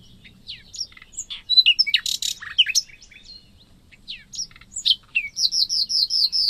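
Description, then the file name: Common nightingale song: varied sharp notes and harsh bursts, ending in a run of repeated rich whistled notes. "Luscinia megarhynchos"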